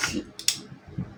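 A torque wrench tightens a nut on the kickstarter/clutch shaft of a Honda CR 250R motorcycle. After a soft start and quiet low-frequency handling, the wrench gives a single sharp click at 0.5 s. The nut is torqued to its setting.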